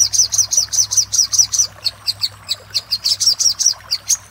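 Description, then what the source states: Little spiderhunter song: series of high, sharp chips at a brisk pace, with some softer notes in the middle. Master recording for training cage birds (masteran), Labaik type.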